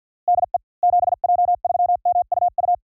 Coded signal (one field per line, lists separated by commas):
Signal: Morse code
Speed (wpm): 50 wpm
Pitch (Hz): 710 Hz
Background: none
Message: DE 7J3MUU